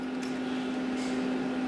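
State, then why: Not seated. The camera head connector of a KARL STORZ Image1 S camera system is held and lined up straight and parallel with the camera control unit socket before being pushed in. A steady low hum continues under broad background noise throughout. Nothing has seated or clicked yet.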